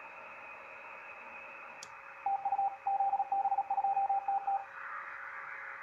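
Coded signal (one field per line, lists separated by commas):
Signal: Morse code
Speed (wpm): 36 wpm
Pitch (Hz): 790 Hz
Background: radio noise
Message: TU ZB2TT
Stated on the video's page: CW on 15 metres.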